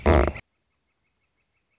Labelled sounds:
Northern Flicker
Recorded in Sonoma County, California

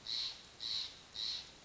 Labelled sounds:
Steller's Jay
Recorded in Sonoma County, California

